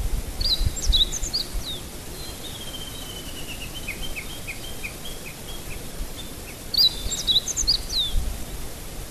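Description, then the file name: Meadow bunting song: a brisk phrase of high twittering notes at the start and again after about six seconds, with a softer run of short notes between and steady background rumble. Recorded 26 May 2008. "hutte 080526 hojiro"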